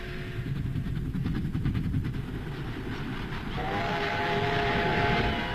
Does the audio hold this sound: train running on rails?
yes